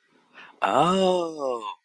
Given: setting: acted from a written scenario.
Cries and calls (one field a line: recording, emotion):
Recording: vocal sound without words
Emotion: realization